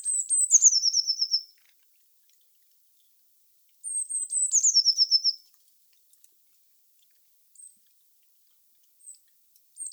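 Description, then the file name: Eurasian blue tit singing two high, falling trilled phrases, followed by a few faint thin single notes. "Cyanistes caeruleus"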